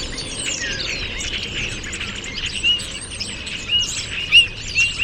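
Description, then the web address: Birds calling together in a dense chorus of high chirps, with several clear whistled notes near the end over a steady hiss. "Deverinetal 2025. Bird Only"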